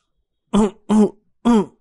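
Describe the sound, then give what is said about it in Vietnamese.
A man driving a car on a highway after smoking gives three loud, harsh coughs in quick succession, each a short rasping burst with a strained, voiced edge, spaced about half a second apart with no talking around them. “vừa lái xe vừa ho sặc sụa”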